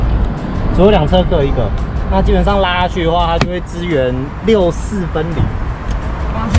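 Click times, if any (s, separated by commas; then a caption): 6.5 s. Someone talks throughout while the fold-down rear seat back of a Skoda Kodiaq SUV is pushed once more into its latch in the car body. It seats with a short, audible click at 6.6 s.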